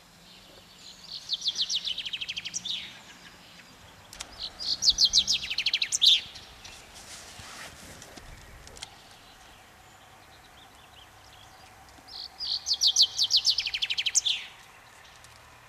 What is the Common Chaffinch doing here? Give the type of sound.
song